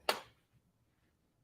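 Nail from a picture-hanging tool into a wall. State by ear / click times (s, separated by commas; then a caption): seated / 0.1 s. A Hang Hero hand-held picture-hanging tool, already measured and leveled, is pushed against a wall so its loaded nail pops into place. A single sharp, bright impact snaps out at 0.1 s and fades within about a quarter second, followed by a faint low thump and near silence. The nail is seated in the wall at 0.1 s.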